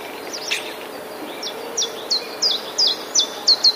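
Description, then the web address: Common chiffchaff song: after a few scattered chirps, sharp high notes dropping in pitch repeat about two to three times a second, getting louder toward the end. Recorded 11 April 2019, alongside other passerine birds. "wroblowe kontra pierwiosnek 11 04 2019"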